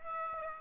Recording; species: mosquito wingbeat signal from an infrared sensor; Aedes aegypti